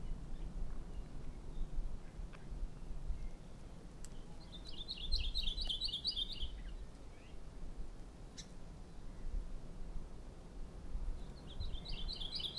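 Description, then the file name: Maui parrotbill calling: a short high trill midway, followed by another burst at the end, with steady low noise beneath. "Maui Parrotbill Pseudonestor xanthophrys"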